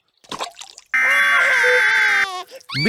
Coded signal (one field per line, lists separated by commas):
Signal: Emergency Alert System (SAME) tones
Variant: header bursts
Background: speech